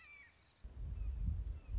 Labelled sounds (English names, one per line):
Red-shouldered Hawk